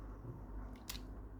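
A small hinged piece in the limb joint of a plastic transforming robot toy is worked until it rotates down and locks into place, so the part cannot flop down. A sharp click sounds at 0.9 s, followed by a fainter tick just after, over a steady low hum. The piece is seated and locked.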